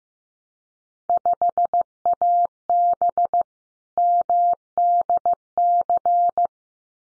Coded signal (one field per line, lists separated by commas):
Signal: Morse code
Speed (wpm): 15 wpm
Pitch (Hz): 700 Hz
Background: none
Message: 5AB MDC